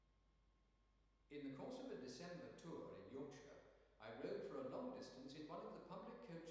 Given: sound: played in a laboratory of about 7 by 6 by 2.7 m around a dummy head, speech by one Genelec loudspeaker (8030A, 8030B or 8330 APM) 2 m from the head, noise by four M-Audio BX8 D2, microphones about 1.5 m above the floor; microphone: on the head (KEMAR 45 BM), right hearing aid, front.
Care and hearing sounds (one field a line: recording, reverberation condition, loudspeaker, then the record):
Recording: male speech in English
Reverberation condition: high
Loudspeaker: 150 degrees to the right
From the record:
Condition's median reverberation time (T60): about 1300 ms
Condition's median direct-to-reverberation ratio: about -4.0 dB